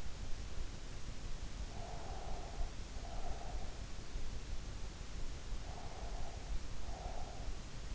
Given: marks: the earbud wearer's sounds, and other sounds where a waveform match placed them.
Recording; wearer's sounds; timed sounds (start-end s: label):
sounds in sleep by an in-ear microphone; breath
1.66-3.80 s: breath
5.62-7.60 s: breath